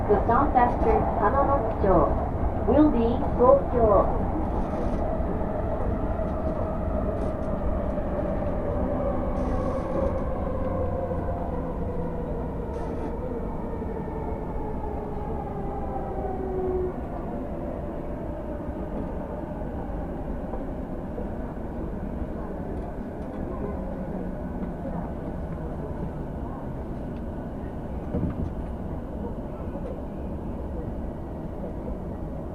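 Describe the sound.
Inside a Yamanote Line train running between Meguro and Tamachi, a steady low rumble of the carriage fills the whole recording. Rising and falling motor whines glide through the first half, with a few sharp clanks near the start and faint voices underneath.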